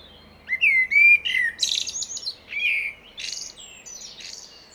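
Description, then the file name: Common blackbird song phrase: a clear low fluted whistle followed by a jumble of high, scratchy twittered notes, then softer trailing chirps. "Turdus merula"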